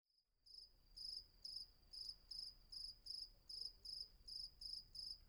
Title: Patmos, Vagia, Griechenland - Nachtsimmung 03, Grillen